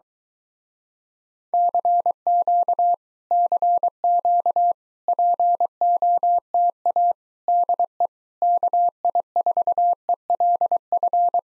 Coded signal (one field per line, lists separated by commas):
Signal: Morse code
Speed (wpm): 22 wpm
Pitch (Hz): 700 Hz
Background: none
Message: CQ CQ POTA DE KI4ELF